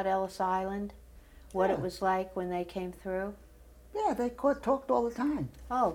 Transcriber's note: none